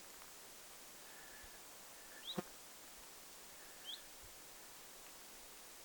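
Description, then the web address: Common chiffchaff uttering two soft rising hweet notes, with one loud click between them and steady hiss. Recorded 27 August 2026; call rendered as 'zuit' or 'hyit'. "paivat 27 8 2026 zuit vaiko hyit-tiltaltti"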